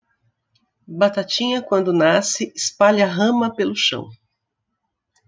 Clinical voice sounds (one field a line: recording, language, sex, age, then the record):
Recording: short text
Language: Brazilian Portuguese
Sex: female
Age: 50 to 59 years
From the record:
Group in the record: control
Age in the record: 59 years